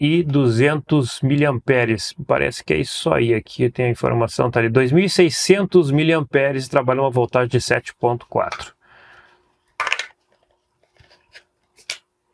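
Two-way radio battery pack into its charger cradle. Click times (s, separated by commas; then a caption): 11.9 s. A two-way radio's 7.4 V, 2,600 mAh plastic battery pack is pushed into its charging cradle while someone talks. Short handling clatter follows around 9.8–10.0 s, then a sharp, fast-decaying click at 11.9 s as the battery seats in the charger.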